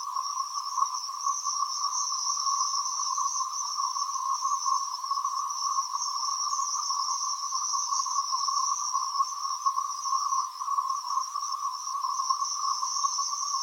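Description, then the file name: Cicadas giving a steady, unbroken buzzing drone in two pitch bands, constant throughout with no pauses or other sounds. "freesound cicadas long"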